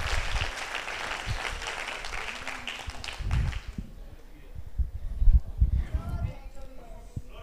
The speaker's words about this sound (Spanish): Amén. Le regalamos un aplauso al Señor. Nos sentamos un momento.